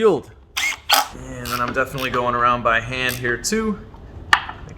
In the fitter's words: little click click click all right we have all the oil pans back on